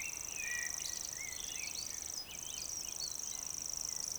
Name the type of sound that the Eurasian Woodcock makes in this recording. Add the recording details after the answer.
whistle, croak. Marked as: croak, croak, whistle. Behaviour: display flight. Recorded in Baden-Württemberg, Germany, on 12 June 2020 at 19:49 UTC. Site 43791, 788 m above sea level